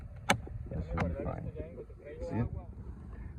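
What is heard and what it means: On a 2013 Cadillac XTS passenger-side mirror, the side mirror glass with its turn signal housing is pressed back onto the plastic mount of the mirror housing from one end to the other. A sharp click at 0.3 s shows the glass snapping into place on its backing. Someone talks while pressing on the center of the mirror.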